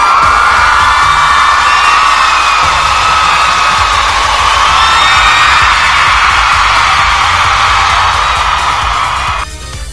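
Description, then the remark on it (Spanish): A loud crowd cheers and whoops in a sustained ovation, with high-pitched shouts and whistles rising over a dense roar that holds steady for about ten seconds before cutting off. “Es más, y porra, ovación, ¿cómo de que no? Para la gente de Colombia que nos está sintonizando en estos momentos.”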